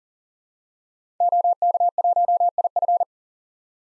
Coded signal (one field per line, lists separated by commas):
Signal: Morse code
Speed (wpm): 40 wpm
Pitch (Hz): 700 Hz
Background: none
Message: OK1IF